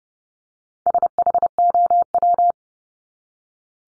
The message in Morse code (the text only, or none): SHOW